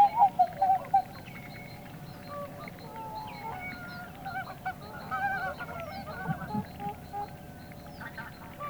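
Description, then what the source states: Swan calls: a loud burst of quick honking notes at the start, followed by softer, drawn-out trumpeting calls from several birds against a constant low hum. Field recording by Ilkka Heiskanen, on a Finnish cassette of rural birds released in 1988.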